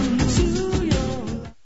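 Heartbeat sound effect with a tonal background, opening a commercial for Heartline, an app-based heart health research study from Johnson & Johnson in collaboration with Apple.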